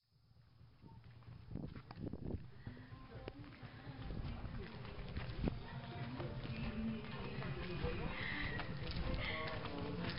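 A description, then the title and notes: An evening walk through a village, fading in from silence and growing busier and louder after about four seconds. Footsteps tap irregularly over a steady low rumble, with voices and snatches of radio-like tones throughout. Walking back at night through the village of Lembongan (motorbike and radio) on the island of Nusa Lembongan. Evening walk through village.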